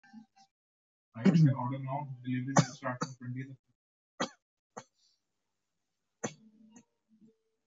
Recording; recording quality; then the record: shallow voluntary cough; excellent, no background noise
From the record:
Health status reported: healthy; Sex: male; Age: 24 years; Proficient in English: yes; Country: India